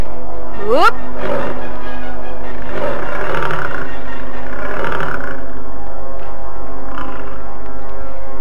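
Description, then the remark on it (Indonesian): A tiger roars in deep, rumbling growls that swell and fade over several seconds, layered on a steady low drone, with a quick rising whoosh right at the start. “Harimau itu terlempar jauh.”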